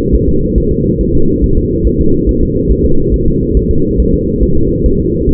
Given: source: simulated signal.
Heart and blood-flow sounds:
fetal heart sounds
0.15 s: S1
0.29 s: S2
0.58 s: S1
0.72 s: S2
1.01 s: S1
1.15 s: S2
1.44 s: S1
1.58 s: S2
1.87 s: S1
2.01 s: S2
2.29 s: S1
2.43 s: S2
2.71 s: S1
2.86 s: S2
3.14 s: S1
3.28 s: S2
3.57 s: S1
3.71 s: S2
4.00 s: S1
4.14 s: S2
4.43 s: S1
4.57 s: S2
4.86 s: S1
5.00 s: S2
5.29 s: S1
From the record:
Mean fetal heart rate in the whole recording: 140 bpm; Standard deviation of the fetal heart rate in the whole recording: 2 bpm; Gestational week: 34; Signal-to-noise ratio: -17.7 dB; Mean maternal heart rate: 72 bpm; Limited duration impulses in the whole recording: present

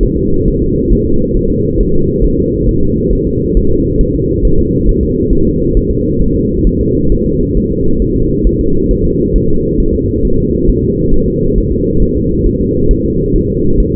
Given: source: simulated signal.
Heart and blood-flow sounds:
fetal heart sounds
0.03 s: S1
0.17 s: S2
0.48 s: S1
0.62 s: S2
0.93 s: S1
1.07 s: S2
1.37 s: S1
1.51 s: S2
1.81 s: S1
1.95 s: S2
2.25 s: S1
2.39 s: S2
2.69 s: S1
2.83 s: S2
3.13 s: S1
3.27 s: S2
3.57 s: S1
3.71 s: S2
4.01 s: S1
4.15 s: S2
4.45 s: S1
4.59 s: S2
4.89 s: S1
5.03 s: S2
5.33 s: S1
5.47 s: S2
5.77 s: S1
5.91 s: S2
6.22 s: S1
6.36 s: S2
6.67 s: S1
6.81 s: S2
7.12 s: S1
7.26 s: S2
7.57 s: S1
7.72 s: S2
8.02 s: S1
8.16 s: S2
8.47 s: S1
8.61 s: S2
8.91 s: S1
9.05 s: S2
9.36 s: S1
9.50 s: S2
9.80 s: S1
9.94 s: S2
10.25 s: S1
10.39 s: S2
10.69 s: S1
10.84 s: S2
11.14 s: S1
11.28 s: S2
11.58 s: S1
11.72 s: S2
12.02 s: S1
12.17 s: S2
12.47 s: S1
12.61 s: S2
12.91 s: S1
13.05 s: S2
13.36 s: S1
13.50 s: S2
13.80 s: S1
13.95 s: S2
From the record:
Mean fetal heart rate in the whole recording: 135 bpm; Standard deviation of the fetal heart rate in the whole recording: 3 bpm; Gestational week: 36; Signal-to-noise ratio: -16.4 dB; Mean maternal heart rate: 72 bpm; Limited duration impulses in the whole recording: present

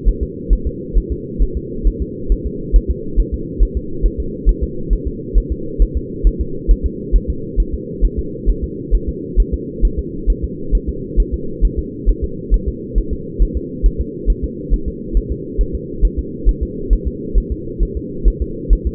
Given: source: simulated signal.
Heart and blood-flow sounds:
fetal heart sounds
0.09 s: S1
0.23 s: S2
0.53 s: S1
0.67 s: S2
0.98 s: S1
1.12 s: S2
1.43 s: S1
1.57 s: S2
1.88 s: S1
2.02 s: S2
2.32 s: S1
2.47 s: S2
2.76 s: S1
2.91 s: S2
3.20 s: S1
3.34 s: S2
3.63 s: S1
3.77 s: S2
4.06 s: S1
4.20 s: S2
4.49 s: S1
4.63 s: S2
4.93 s: S1
5.08 s: S2
5.38 s: S1
5.52 s: S2
5.82 s: S1
5.97 s: S2
6.27 s: S1
6.41 s: S2
6.71 s: S1
6.86 s: S2
7.16 s: S1
7.30 s: S2
7.60 s: S1
7.74 s: S2
8.05 s: S1
8.19 s: S2
8.50 s: S1
8.64 s: S2
8.95 s: S1
9.09 s: S2
9.40 s: S1
9.54 s: S2
9.85 s: S1
9.99 s: S2
10.30 s: S1
10.44 s: S2
10.75 s: S1
10.89 s: S2
11.20 s: S1
11.34 s: S2
11.65 s: S1
11.79 s: S2
12.09 s: S1
12.24 s: S2
12.54 s: S1
12.68 s: S2
12.98 s: S1
13.13 s: S2
13.42 s: S1
13.57 s: S2
13.86 s: S1
14.01 s: S2
14.30 s: S1
14.44 s: S2
14.74 s: S1
14.88 s: S2
15.17 s: S1
15.32 s: S2
15.61 s: S1
15.75 s: S2
16.05 s: S1
16.19 s: S2
16.49 s: S1
16.63 s: S2
16.93 s: S1
17.08 s: S2
17.38 s: S1
17.52 s: S2
17.83 s: S1
17.97 s: S2
18.28 s: S1
18.42 s: S2
18.73 s: S1
18.87 s: S2
From the record:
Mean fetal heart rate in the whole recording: 135 bpm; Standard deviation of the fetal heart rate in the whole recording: 3 bpm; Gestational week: 36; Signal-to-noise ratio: -4.3 dB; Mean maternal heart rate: 72 bpm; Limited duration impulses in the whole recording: absent

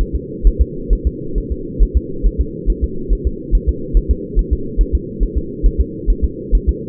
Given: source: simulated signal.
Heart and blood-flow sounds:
fetal heart sounds
0.01 s: S1
0.16 s: S2
0.47 s: S1
0.61 s: S2
0.93 s: S1
1.07 s: S2
1.38 s: S1
1.52 s: S2
1.83 s: S1
1.97 s: S2
2.26 s: S1
2.41 s: S2
2.70 s: S1
2.84 s: S2
3.13 s: S1
3.27 s: S2
3.55 s: S1
3.69 s: S2
3.97 s: S1
4.11 s: S2
4.39 s: S1
4.53 s: S2
4.81 s: S1
4.95 s: S2
5.23 s: S1
5.38 s: S2
5.66 s: S1
5.81 s: S2
6.10 s: S1
6.25 s: S2
6.55 s: S1
6.69 s: S2
From the record:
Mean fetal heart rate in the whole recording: 135 bpm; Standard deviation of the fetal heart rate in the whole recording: 3 bpm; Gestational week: 36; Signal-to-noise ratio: -4.3 dB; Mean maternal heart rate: 72 bpm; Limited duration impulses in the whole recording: absent

